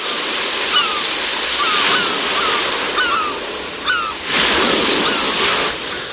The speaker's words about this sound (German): Ein wirklich mittlerweile sehr, sehr heißer Tag hier im Zentrum von Barcelona. Ich habe für ein bisschen Frische gesorgt, das Fenster aufgemacht und wir lassen mal den Wellenklang erschallen und das Geschrei der Möwen.